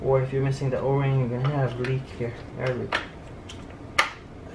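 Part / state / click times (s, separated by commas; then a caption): MAP/BARO sensor into intake manifold / seated / 4.0 s. A new MAP/BARO sensor with its O-ring is pushed into its bore on the intake manifold while someone talks. A sharp, loud snap at 4.0 s marks the sensor locking in place.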